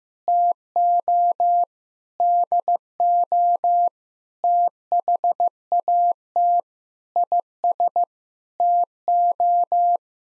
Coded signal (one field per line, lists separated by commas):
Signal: Morse code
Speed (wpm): 15 wpm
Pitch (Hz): 700 Hz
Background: none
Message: TO DO THAT IS TO